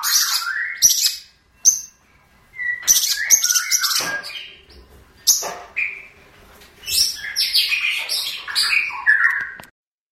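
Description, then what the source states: Long-tailed shrike song: varied phrases of scratchy high chatter and short rising whistles, separated by brief pauses. Training recording for songbird keepers; master song.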